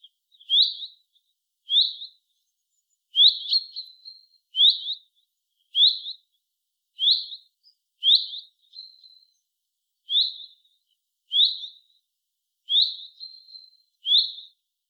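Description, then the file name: Common chaffinch calling with clipped, high notes, some doubled or trailing into a faint thin tail, spaced roughly one to one and a half seconds apart. "Fringilla coelebs"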